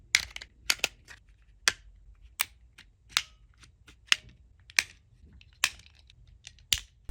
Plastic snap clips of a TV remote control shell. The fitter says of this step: just go around the shell, unhooking the rest of the clips.